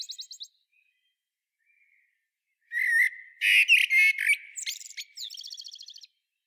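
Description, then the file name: Eurasian blackbird calls: a few faint high ticks, then a loud series of harsh clipped notes and squeaky chatter, ending in a thin high twitter. "Turdus merula"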